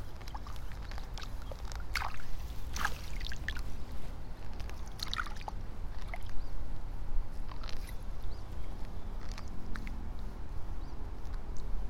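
Seedlings are pulled one by one from a flooded nursery bed, with a steady low wash of water underneath. Short splashing and sloshing bursts come every second or so, some sharper around two to three seconds and near five and eight seconds.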